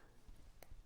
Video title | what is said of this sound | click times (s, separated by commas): JewelleryMaker Live 01/10/2025 Stephanie Joseph GIA AJP & Mark Smith | and you hear a little click. | 0.6 s